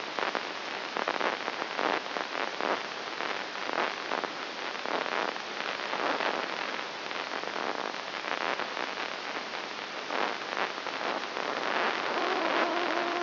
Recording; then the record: brain microelectrode recording played as sound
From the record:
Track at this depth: inside the subthalamic nucleus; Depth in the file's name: 2.501 mm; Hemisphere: right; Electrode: 3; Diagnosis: Parkinson's disease